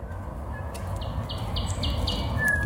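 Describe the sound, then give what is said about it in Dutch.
A thrush nightingale sings a run of five rapid, evenly spaced high notes, then a brief whistle, over a steady low background rumble; recorded on a mobile phone held out of a dacha window by a man living in Moscow. “Een Noordse nachtegaal.”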